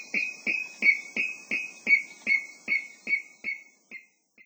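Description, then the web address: Water rail giving a series of sharp, clipped kip notes, gradually slowing and fading out toward the end. Recorded at Watarase, Hirano, on 1 August 2006. "koe kuina 060801 watarase hirano"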